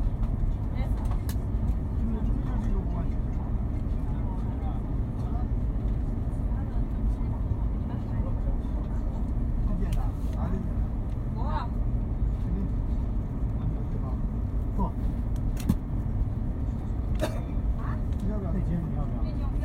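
Riding on a train: a steady, heavy low rumble fills the whole stretch without letting up. Voices murmur faintly through it, and sharp clicks and brief metallic squeaks break in now and then, notably around 10, 15.5 and 17 seconds.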